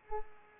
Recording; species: mosquito wingbeat signal from an infrared sensor; Culex pipiens